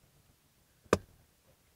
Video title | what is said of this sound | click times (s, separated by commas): WeatherTech Floor Liners | bingo that's locked into place awesome | 0.9 s